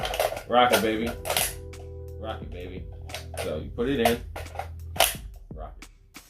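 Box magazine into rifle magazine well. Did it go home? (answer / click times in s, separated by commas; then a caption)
yes / 5.8 s. A loaded box magazine is angled into the magazine well of an M14-type rifle and rocked back until it latches. Someone talks over a steady low hum, and the magazine clicks home at 5.8 s, seating it.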